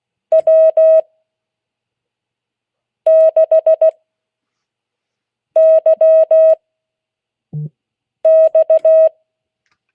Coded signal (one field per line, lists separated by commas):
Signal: Morse code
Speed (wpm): 16 wpm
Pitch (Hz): 640 Hz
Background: none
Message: W6YX